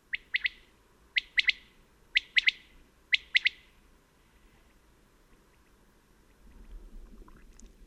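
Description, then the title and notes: Common quail singing four quick triple-note 'whit-wit-wit' phrases in steady rhythm, then the song stops, leaving quiet background and a soft low rumble near the end. On the Col Bayard above Gap, where the species is still common; sings actively at daybreak, around 5:00 in the morning. "la Caille des blés (Coturnix coturnix)encore commune au col bayard au-dessus de Gap"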